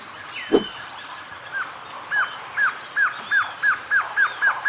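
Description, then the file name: Glossy antshrike song, a steady run of ringing downslurred notes repeated several times a second, with a sharp click early and soft birds in the background. "Canto do choca dagua"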